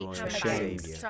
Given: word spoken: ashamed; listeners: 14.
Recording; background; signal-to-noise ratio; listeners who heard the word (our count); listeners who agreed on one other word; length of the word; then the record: one English word in noise, from a listening test; four-talker babble; 0.0 dB; 3 of 14; 6 of 14; 0.70 s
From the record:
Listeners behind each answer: 6, 3, 2, 2, 1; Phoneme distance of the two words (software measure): 14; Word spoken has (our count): 2 syllables, 5 phonemes, stress on syllable 2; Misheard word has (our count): 1 syllable, 3 phonemes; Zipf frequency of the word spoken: 4.01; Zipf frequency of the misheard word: 3.98